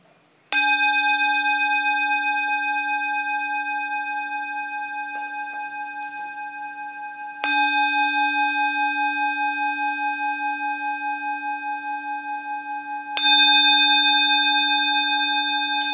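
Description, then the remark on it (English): A bell is struck three times at uneven intervals, each strike ringing out in a long, steady, resonant tone with a gentle wavering shimmer that slowly fades. No voices. “First, please listen to the sound of the bell.”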